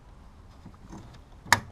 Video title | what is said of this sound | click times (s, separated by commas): HID Installation Chevy Volt | There we go. When you hear it snap there, you know you're in. | 1.5 s